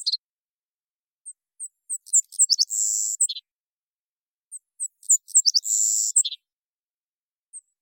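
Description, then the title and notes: Savannah sparrow singing two full songs. Each begins with sparse high tsip notes, runs into a sibilant buzzy trill and drops to a brief lower ending note. Collected song variants; Washington, Pacific Northwest, United States. "Savannah Sparrow Passerculus sandwichensis, collected song variants. Pacific Northwest, Washington, United States"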